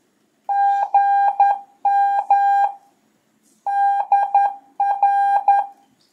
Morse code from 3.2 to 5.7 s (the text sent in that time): DR